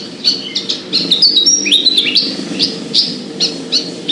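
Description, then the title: Javan bush lark song of sharp high chirps and short slurred whistles over a steady low background rumble. Individual bird named Petir, described as gacor, meaning singing vigorously. "Branjangan Gacor Petir 1"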